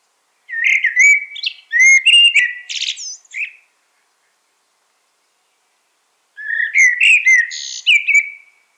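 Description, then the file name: Common blackbird singing two fluty warbled phrases, each with low mellow whistles followed by a high twittering flourish, separated by a few seconds of silence. "Turdus merula"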